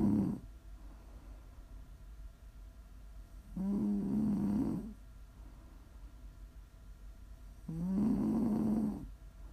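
An adult snoring: two long, rough, buzzing snores about four seconds apart, with low-pitched vibration during each breath, made as ASMR snoring.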